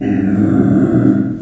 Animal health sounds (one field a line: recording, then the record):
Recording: squeal of a Yucatan mini pig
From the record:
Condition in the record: after surgery on the right vocal fold (resection and tissue-engineered implant)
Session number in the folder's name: 3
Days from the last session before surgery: 21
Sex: female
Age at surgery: 19 weeks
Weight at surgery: 25 kg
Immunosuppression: prednisolone